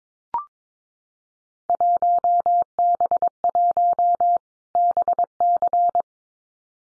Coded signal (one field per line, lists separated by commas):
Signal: Morse code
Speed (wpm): 22 wpm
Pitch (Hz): 700 Hz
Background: none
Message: 1B1 BC